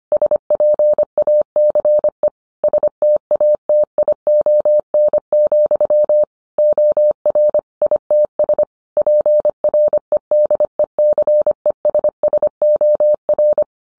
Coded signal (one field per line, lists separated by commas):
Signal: Morse code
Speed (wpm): 25 wpm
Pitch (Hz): 600 Hz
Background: none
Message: SPACE STATION, OR ITS PREDECESSOR